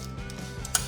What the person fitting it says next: 젖혀 주시면 딸깍 소리가 나고 고정이 됐습니다